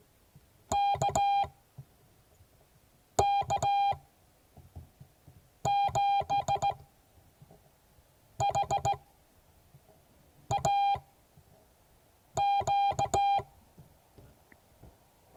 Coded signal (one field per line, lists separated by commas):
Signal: Morse code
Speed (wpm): 17 wpm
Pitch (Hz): 800 Hz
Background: none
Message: KK7HAQ